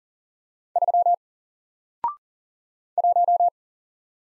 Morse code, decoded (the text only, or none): 3 1